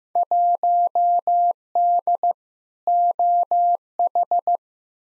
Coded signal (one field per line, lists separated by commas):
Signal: Morse code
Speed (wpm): 15 wpm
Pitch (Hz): 700 Hz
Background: none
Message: 1D OH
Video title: Field Day Exchange v3 - 15wpm